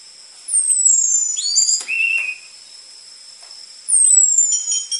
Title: PANCINGAN Anis Merah Gacor Materi Isian Rapat Cocok Untuk MASTERAN Anis Merah TROTOL